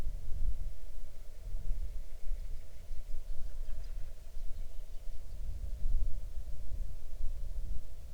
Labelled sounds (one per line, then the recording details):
waterfowl
wind
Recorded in the Arctic National Wildlife Refuge, Alaska, on 6 July 2019 at 00:54
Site 39